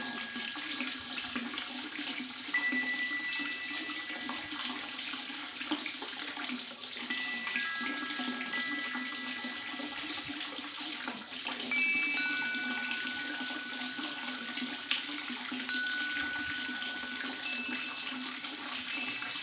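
Water runs in a steady, dense rush while thin, bright wind-chime tones ring out now and then, sustaining across the whole stretch.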